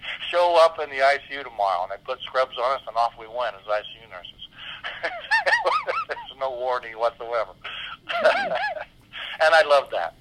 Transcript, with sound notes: show up in the ICU tomorrow." They put scrubs on us, and off we went as ICU nurses. (laughs) There was no warning, whatsoever. And I loved that.